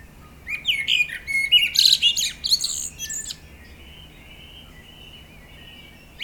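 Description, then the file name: Common blackbird song: one rich phrase of varied fluty whistles and high squeaks in the first three seconds, followed by a faint steady high tone. "Turdus merula"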